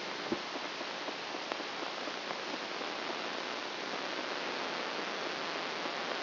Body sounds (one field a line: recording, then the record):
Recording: brain microelectrode recording played as sound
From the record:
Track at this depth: inside the subthalamic nucleus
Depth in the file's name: 2.503 mm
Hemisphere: right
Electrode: 2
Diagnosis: Parkinson's disease